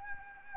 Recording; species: mosquito wingbeat signal from an infrared sensor; Aedes albopictus